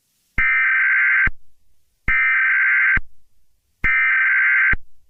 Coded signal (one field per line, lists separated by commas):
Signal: Emergency Alert System (SAME) tones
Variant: header bursts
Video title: Eas scenario thanksgiving special - The bad luck turkey